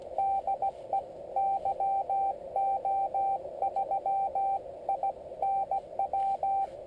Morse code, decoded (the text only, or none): DE YO3INW